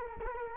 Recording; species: mosquito wingbeat signal from an infrared sensor; Culex quinquefasciatus